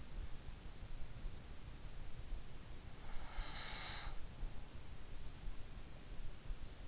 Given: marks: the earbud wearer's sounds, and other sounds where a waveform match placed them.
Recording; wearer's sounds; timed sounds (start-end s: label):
sounds in sleep by an in-ear microphone; breath
2.92-4.38 s: breath